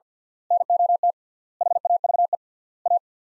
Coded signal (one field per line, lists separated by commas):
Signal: Morse code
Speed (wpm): 50 wpm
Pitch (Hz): 700 Hz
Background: none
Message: NOT HAVE A